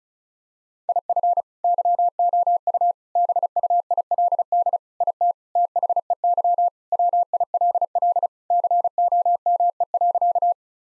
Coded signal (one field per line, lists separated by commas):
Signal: Morse code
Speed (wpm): 36 wpm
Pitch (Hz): 700 Hz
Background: none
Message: IF YOU BUILD IT THEY WILL COME.